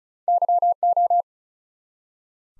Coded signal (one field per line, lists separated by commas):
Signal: Morse code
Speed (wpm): 36 wpm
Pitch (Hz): 700 Hz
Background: none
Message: YO